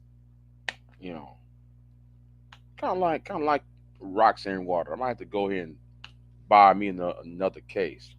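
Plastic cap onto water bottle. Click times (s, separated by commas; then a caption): 0.7 s. A plastic resealable cap snaps onto a bottle of water with a single sharp click at 0.7 s, and the cap is seated closed; this cap closes with two clicks and can be reclosed. A fainter tick follows at about 2.5 s, and someone talks before and after.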